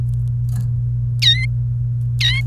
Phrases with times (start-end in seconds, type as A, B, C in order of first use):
1.22-1.46 A, 2.20-2.42 A